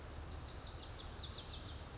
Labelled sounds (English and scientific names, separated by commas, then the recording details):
Lazuli Bunting (Passerina amoena)
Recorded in Sonoma County, California